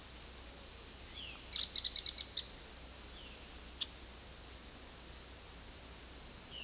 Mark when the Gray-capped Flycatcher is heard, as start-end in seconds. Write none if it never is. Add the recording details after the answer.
1.48-2.43. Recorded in secondary vegetation near Puerto Asís, Putumayo, Colombia, on 20 February 2024 at 16:30. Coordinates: 0.500, -76.326. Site G6428